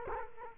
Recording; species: mosquito wingbeat signal from an infrared sensor; Culex quinquefasciatus